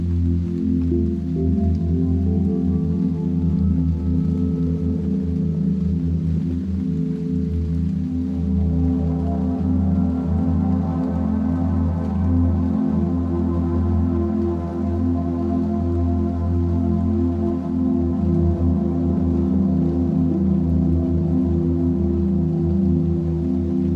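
Ambient music holds a deep, steady drone of layered low tones, with brighter shimmering overtones swelling in after about ten seconds and lingering.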